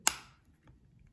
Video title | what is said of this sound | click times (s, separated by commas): Nissan Key FOB Battery Change Tutorial - For Qashqai, Juke, Micra, Etc. | what you want to do is you want to just squeeze it until you hear a click | 0.1 s